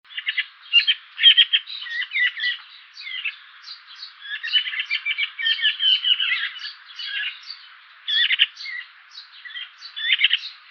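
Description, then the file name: Eurasian magpie giving harsh, scratchy chattering calls in dense rattling bursts mixed with short squeaky notes, almost continuous throughout with brief pauses. "Pica pica"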